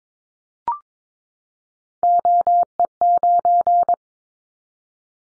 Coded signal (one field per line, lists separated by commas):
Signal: Morse code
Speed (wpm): 22 wpm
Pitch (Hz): 700 Hz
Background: none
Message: OE9